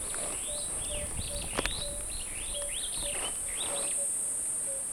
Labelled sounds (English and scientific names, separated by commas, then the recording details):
Superb Starling (Lamprotornis superbus) flight call
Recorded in Kenya